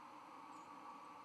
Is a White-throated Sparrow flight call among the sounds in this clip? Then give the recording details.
yes. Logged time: 02:51 on 31 October 2014